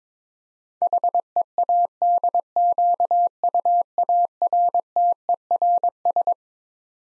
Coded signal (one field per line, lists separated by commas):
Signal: Morse code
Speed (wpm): 21 wpm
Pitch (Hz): 700 Hz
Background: none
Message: HEADQUARTERS